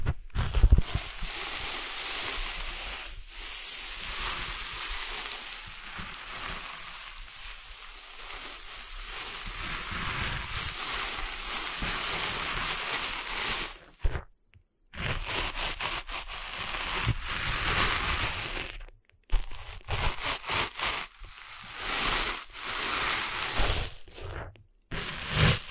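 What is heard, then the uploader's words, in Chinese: Rustling of sand on a beach, a dense, bright hiss that runs steadily for about fourteen seconds with a few soft thumps near the start. After that it breaks into uneven bursts separated by brief silences, around 14, 19 and 25 seconds. 沙沙沙…沙滩的沙沙声。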